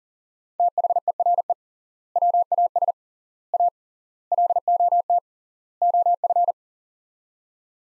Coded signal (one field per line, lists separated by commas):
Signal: Morse code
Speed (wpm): 37 wpm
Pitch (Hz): 700 Hz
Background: none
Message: THERE WAS A LOT OF